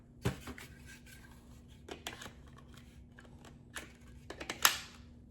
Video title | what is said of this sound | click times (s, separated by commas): Powerful & Lightweight! T351 Trucozie Cordless Vacuum Unboxing + Review (40Kpa Suction Test) | And it clicks right into place. | 4.7 s